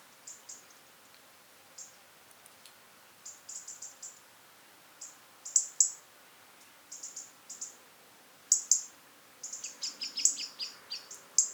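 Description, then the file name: European robin producing scattered high, thin tseeping notes that grow denser and louder toward the end. "Erithacus rubecula"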